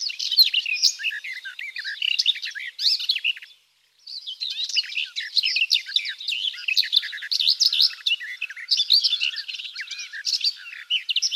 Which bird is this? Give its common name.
Garden Warbler